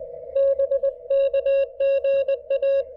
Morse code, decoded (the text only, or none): BK GA